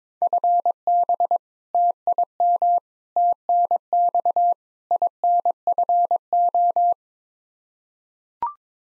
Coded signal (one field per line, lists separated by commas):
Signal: Morse code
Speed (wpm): 22 wpm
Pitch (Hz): 700 Hz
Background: none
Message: FB TIM TNX INFO